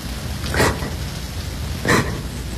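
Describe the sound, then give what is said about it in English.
Steady rain hisses with a broad, constant wash, swelling twice in brief louder gusts or splashes against a low rumbling background; no voices. “Oh, God, it's raining again.”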